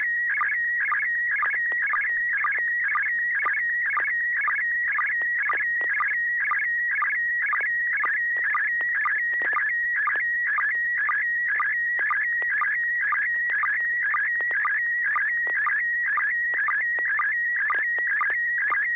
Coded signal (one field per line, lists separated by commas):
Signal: SSTV (slow-scan television)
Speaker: Joel if you want to kick off the first uh picture transmission go right ahead